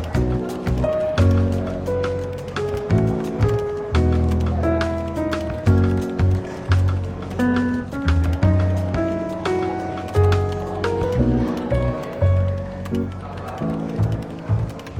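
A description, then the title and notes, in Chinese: Soft, easygoing jazz plays through a bookshop café, with warm bass and chords shifting every second or so. Murmured talk sits underneath, and frequent small clinks and taps, like cups and cutlery, dot the whole stretch. 伦敦书店咖啡馆轻微喧闹氛围与柔和轻松的爵士背景音乐。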